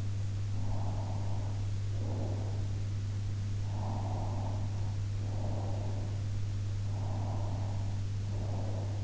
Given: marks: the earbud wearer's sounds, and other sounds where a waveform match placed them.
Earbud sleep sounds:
sounds in sleep by an in-ear microphone; breath
0.81-2.61 s: breath
3.95-5.78 s: breath
7.04-9.04 s: breath

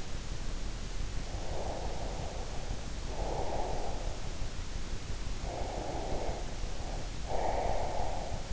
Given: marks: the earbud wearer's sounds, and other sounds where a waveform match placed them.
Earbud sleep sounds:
sounds in sleep by an in-ear microphone; breath
1.08-4.44 s: breath
5.50-8.53 s: breath

